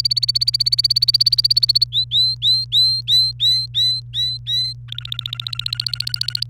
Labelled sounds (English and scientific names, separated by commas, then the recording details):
Domestic Canary (Serinus canaria) song
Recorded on 28 April 2018 at 15:26
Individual llb3